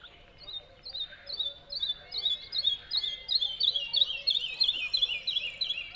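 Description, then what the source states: Bird song building from spaced high chirps into a rapid, dense series of sharp notes. Song delivered from a tree in the Spanish dehesas.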